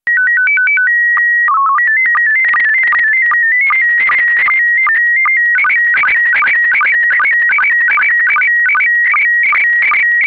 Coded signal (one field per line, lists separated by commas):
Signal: SSTV (slow-scan television)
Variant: PD 50